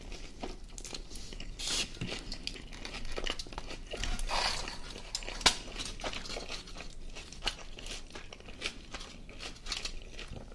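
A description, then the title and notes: Eating sounds from a döner meal: a steady run of soft crunches, crinkles and wet chewing clicks packed close together throughout. A louder crinkling burst rises around the four-second mark, with a few sharp snaps near five and a half and seven and a half seconds. Mukbang ASMR Food Döner & Coca Cola.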